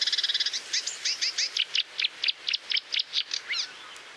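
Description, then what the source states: Marsh warbler song: a fast trill of high chirps, then a run of repeated sharp, varied notes, rich and scratchy, steady for about four seconds. Recorded at Moos, Deggendorf district, on 30 June 2013.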